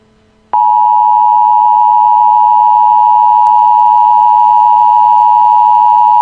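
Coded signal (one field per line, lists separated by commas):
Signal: Emergency Alert System (SAME) tones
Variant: 853 and 960 Hz attention tone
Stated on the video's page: Fictional EAS scenario themed on Super Mario Bros.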